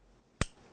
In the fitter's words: put it in your tea handle you hear it snap in you want to check that to make sure that it is tight in there